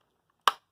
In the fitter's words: There, hear that? That way we know it's been engaged with the connector.